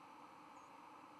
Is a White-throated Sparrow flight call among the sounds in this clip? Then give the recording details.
yes. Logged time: 07:07 on 5 November 2014